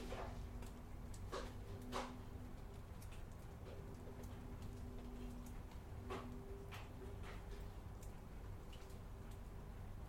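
Rain is heard from indoors by a window as a steady, dense hiss over a low rumble, with a faint hum holding underneath. Sharp drips and taps land irregularly, every second or so, clustering near the start and again around six to seven seconds.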